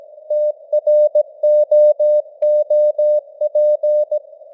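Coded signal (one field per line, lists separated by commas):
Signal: Morse code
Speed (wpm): 17 wpm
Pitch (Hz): 600 Hz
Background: none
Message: TROOP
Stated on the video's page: Simulated news headlines in Morse at 17 wpm with artificial radio noise and varying signal strength (QSB).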